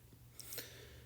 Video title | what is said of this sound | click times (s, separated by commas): How to install a Maax shower door￼ | just pops right on | 0.4 s